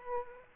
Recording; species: mosquito wingbeat signal from an infrared sensor; Aedes aegypti